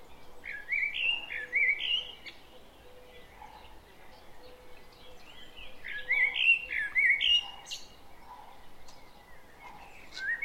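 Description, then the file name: Common blackbird sings two clear whistled phrases several seconds apart, each a rolling fluty warble with high thin notes, and a third begins at the end, over soft calls. "Turdus merula"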